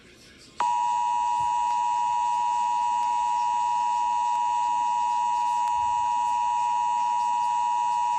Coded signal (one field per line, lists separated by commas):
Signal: Emergency Alert System (SAME) tones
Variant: 853 and 960 Hz attention tone